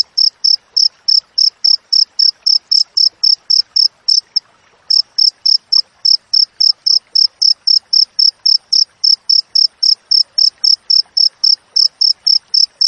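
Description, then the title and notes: Cricket chirping in quick regular pulses, pausing briefly around the fourth second before resuming the same fast, high rhythm. Wild crickets with clear, closely spaced chirps, for training songbirds and for repelling rats. "Masteran Jangkrik Alam Jernih, Jeda Rapat Cocok Untuk Masteran Burung Dan Mengusir Tikus. suara jangkrik"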